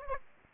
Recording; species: mosquito wingbeat signal from an infrared sensor; Aedes aegypti